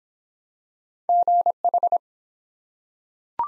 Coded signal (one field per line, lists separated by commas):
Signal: Morse code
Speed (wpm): 23 wpm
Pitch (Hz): 700 Hz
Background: none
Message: GH